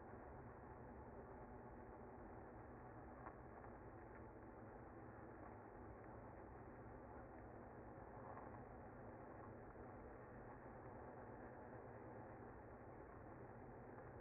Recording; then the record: honeybee colony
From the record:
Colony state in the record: active